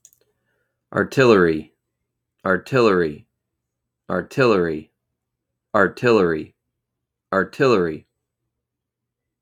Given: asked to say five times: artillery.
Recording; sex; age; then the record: repeated word; male; 30 to 39 years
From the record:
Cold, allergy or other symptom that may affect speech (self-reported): no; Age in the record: 38 years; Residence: Texas, United States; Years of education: 16